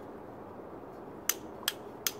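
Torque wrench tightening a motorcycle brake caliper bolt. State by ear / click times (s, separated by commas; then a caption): torque reached / 1.3 s. A torque wrench set to 156 on its scale marks tightens a bolt on a motorcycle brake caliper, with a low steady hum underneath. A loud, sharp click at 1.3 s confirms the wrench has reached its setting, followed by two more similar sharp clicks at about 1.7 s and 2.1 s.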